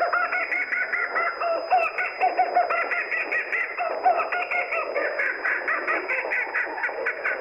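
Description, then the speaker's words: Laughing Kookaburra laughing in a steady stream of harsh, rapidly repeated cackling notes, heard through band-limited radio audio. Used as a shortwave radio identification signal, heard over radio. "And that was Radio Australia with its Call of the Kookaburra."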